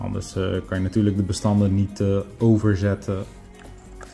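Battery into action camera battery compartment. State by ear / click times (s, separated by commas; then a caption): seated / 3.6 s, 4.0 s. A battery is pushed into the battery compartment of a DJI Osmo Action 4 action camera while someone talks over background music. Two small clicks are heard at 3.6 s and 4.0 s as the battery clicks into place and is secure.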